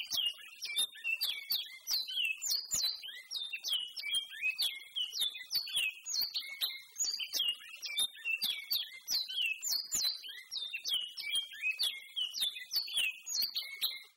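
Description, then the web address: Great-billed Seed-Finch: bicudo song, high whistled and slurred notes repeated in a fast continuous chatter of short phrases throughout. Songs in the "trem" song style. "bicudario cantos trem"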